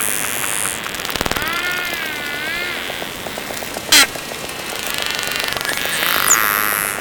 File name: Grampo